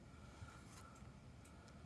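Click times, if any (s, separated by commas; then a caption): none. Two plastic internal pieces for a Galaxy 8x8 puzzle cube, a square one and one with a wing, are stacked on top of each other and lined up before being slid into a cube layer. Only a steady low hum with a faint tone near 1.3 kHz and a few soft, brief high-frequency handling ticks is heard. Nothing has seated or clicked yet.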